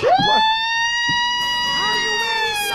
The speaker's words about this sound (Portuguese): Que isso? Ambulância? É, ambulância.